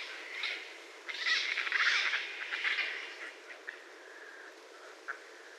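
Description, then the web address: Raccoon chittering: harsh, raspy bursts with a squeaky edge, loudest in the middle, then trailing off into a few short scratchy notes. Recorded 30 January 2012. "sounds mammals Raccoon 2012 01 30 Raccoon"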